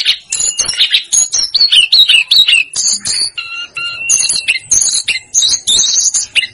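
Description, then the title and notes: Snowy-browed flycatcher singing a fast, varied string of high chirps and thin whistles, including short level notes and quick falling slurs, with almost no pause between phrases. "Masteran Tledekan Gunung Sikatan Gunung. BURUNG TLEDEKAN"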